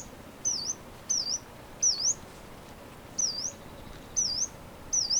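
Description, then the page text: Yellow-browed warbler calling: piercing, high, slurred notes falling then rising steeply, given about every second, with faint background hiss. "Frank Lambert - Пеночка-зарничка (Phylloscopus inornatus)"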